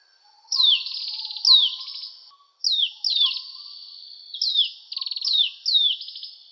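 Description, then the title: Oriental magpie-robin song: a rapid series of sharp, falling whistles mixed with rattling buzzy notes, delivered in quick successive phrases. "Kicau Kacer"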